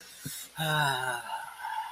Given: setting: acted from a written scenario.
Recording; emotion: vocal sound without words; confusion